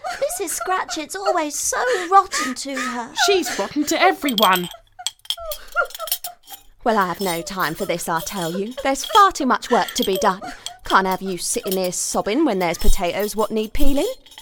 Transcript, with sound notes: Mrs Scratchit’s always so rotten to her.
She’s rotten to everyone!
(refined cockney) Well I’ve no time for this I tell you. There’s far too much work to be done. Can’t have you sitting here sobbing when there’s potatoes what need peeling.